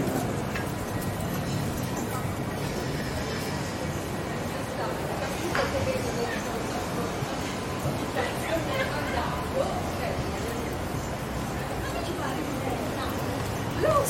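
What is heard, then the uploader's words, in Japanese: A street walk along George Street with people's voices and tram sounds mixing into a dense, steady murmur. Low rumbling traffic runs throughout, with brief higher tones and clanks popping up around five, nine and fourteen seconds. George Street を Circular Quay から Townhall まで歩く。ビジネスマンが忙しく行き交うビジネス街を歩きながらいろんな音を楽しみます。TRAMの音 歩く人たちの声 歩行者用信号の音 工事の音。ステレオ音声。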